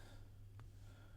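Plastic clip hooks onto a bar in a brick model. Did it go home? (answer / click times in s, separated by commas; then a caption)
no / none. Two light gray plastic LEGO hook pieces are handled near a rod in a brick model, about to be clipped on to join two structures. Over a steady low hum, a brief soft rustle or swish comes near 0.6 s. Nothing has seated or clicked yet.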